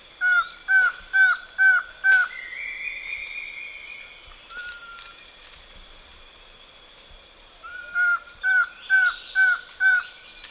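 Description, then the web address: White-shouldered antshrike gives a series of five short, down-slurred whistled notes about two per second, a pause with a drawn-out tone and a brief whistle, then five more matching notes. Female song and calls; eastern lowlands of South America. "Natures Songs S America Eastern Lowlands. Thamnophilus aethiops, song and calls female"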